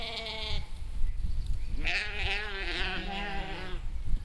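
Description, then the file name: Sheep giving a short bleat, then a longer, trembling, rising-and-falling bleat, over low background rumble. "schafe"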